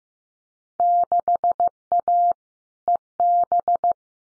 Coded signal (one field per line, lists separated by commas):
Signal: Morse code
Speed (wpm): 15 wpm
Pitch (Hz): 700 Hz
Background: none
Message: 6A EB